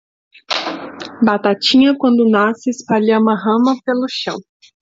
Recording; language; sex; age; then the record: short text; Brazilian Portuguese; female; 20 to 29 years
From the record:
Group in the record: control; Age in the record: 26 years